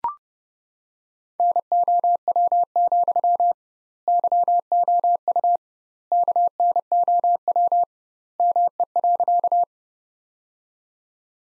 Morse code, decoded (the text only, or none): NOW, YOU KNOW ME.